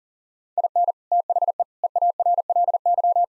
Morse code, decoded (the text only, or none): IN THE EARLY